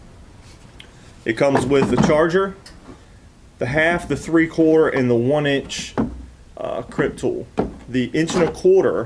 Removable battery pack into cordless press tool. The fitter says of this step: it's very versatile just snaps in place it